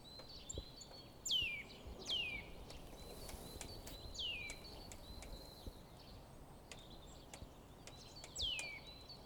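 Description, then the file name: Eurasian nuthatch giving several clear, steeply falling whistled calls, with faint clicks between them. "Sitta europaea"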